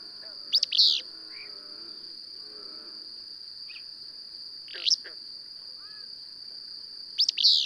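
Bird chirps: bright, sharp chirps repeated several times, with faint softer twitters between and a continuous high-pitched tone.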